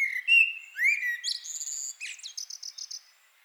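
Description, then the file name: Common blackbird song: mellow fluted warbles around mid pitch for over a second, then a thin, squeaky high twitter of quick repeated notes fading at the end. "Turdus merula"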